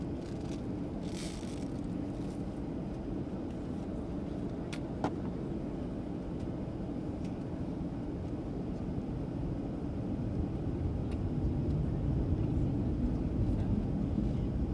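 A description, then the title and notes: A steady, dense engine hum fills the cabin of a plane in flight, heavy in the low range and unchanging throughout. A few faint clicks and small knocks surface near the five-second mark and later, but no voices are heard. The sounds of a flight from San Francisco International Airport to Phoenix Sky Harbor International Airport. The gentle background noise of the air conditioning and ventilation system.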